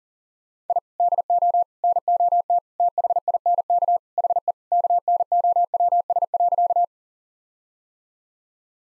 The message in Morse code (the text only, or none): I DO NOT THINK HE KNOWS.